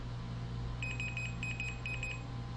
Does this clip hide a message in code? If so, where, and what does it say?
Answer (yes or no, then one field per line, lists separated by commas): no